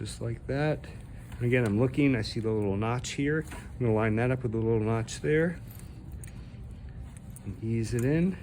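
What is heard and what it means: Someone talks while lining up the notch on a plastic internal cable connector with the notch on a motherboard socket, then begins easing it in. Faint, brief handling ticks and scrapes come between about 6.1 and 7.4 seconds. Nothing has seated or clicked yet.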